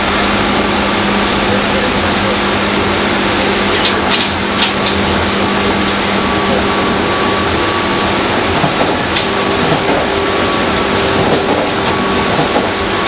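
A train ride between Tokyo and Takao, with a steady, dense rumble that holds level for the whole stretch. Low motor hums run underneath, and a few sharp clicks and rattles break through around four to five seconds and again near nine seconds.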